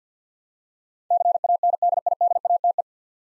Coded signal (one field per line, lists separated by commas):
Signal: Morse code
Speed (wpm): 50 wpm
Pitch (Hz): 700 Hz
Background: none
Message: CANDIDATE